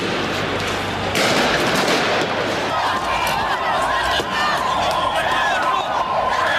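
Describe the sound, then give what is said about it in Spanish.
A street riot in central Madrid after protests: a roaring, shouting crowd with a few sharp bangs like police gunshots cutting through the steady din, and high wailing cries rising above the noise. “Pero las protestas acabaron en gravísimos disturbios.”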